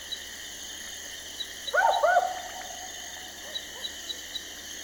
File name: Barking Owl Ninox connivens